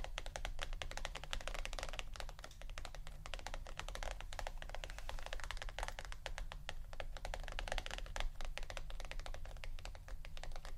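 Quick, crisp tapping runs nonstop for the whole clip, dense and slightly uneven like fingers drumming or typing on a hard surface. The taps are bright and clicky, with a steady low hum running underneath throughout.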